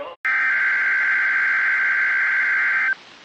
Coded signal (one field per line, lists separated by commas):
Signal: Emergency Alert System (SAME) tones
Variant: header bursts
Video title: RWTs From 6/28/23 (EAS #1853-1867)